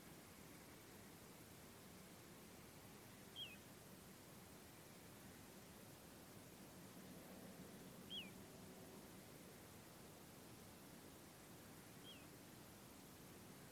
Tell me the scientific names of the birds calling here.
Charadrius dubius